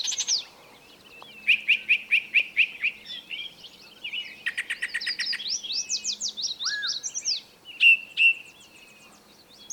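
Birdsong with a steady series of repeated chirps, then a fast rattling burst and sweeping high notes, ending with a couple of bright whistled notes.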